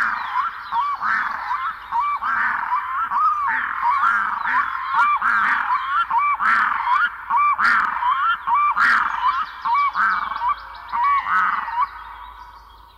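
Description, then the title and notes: Red-throated loon calls, a long series of repeated nasal notes that rise and drop, a little under one a second, fading at the end. "Viikon luontoääni: Kaakkuri. Risto Salovaara"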